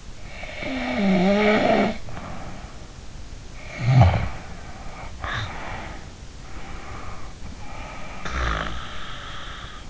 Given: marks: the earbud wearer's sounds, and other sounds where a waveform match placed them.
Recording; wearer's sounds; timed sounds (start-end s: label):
sounds in sleep by an in-ear microphone; snoring breath
0.00-2.76 s: snoring breath
3.50-6.26 s: snoring breath
6.60-9.61 s: snoring breath